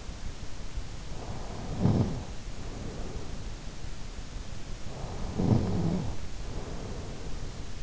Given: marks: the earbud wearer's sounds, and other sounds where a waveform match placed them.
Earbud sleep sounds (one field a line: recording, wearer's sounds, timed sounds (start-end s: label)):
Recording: sounds in sleep by an in-ear microphone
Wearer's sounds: snoring breath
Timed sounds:
1.04-3.51 s: snoring breath
4.84-7.83 s: snoring breath